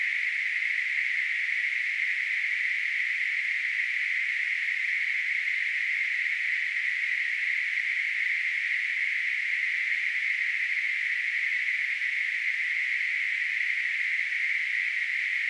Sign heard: Tinnitus.